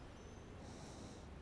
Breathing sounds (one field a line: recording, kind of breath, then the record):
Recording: one breath in and out by a microphone near the nose and mouth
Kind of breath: normal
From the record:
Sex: male